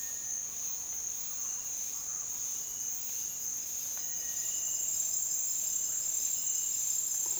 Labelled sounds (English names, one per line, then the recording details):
Cinereous Tinamou
Speckled Chachalaca
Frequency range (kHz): Speckled Chachalaca 0.7-1.9 kHz
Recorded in dense forest near Puerto Asís, Putumayo, Colombia, on 21 February 2024 at 07:00
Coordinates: 0.499, -76.324
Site G6469